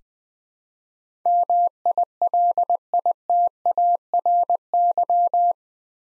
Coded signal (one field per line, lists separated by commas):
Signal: Morse code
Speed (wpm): 20 wpm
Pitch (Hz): 700 Hz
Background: none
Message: MILITARY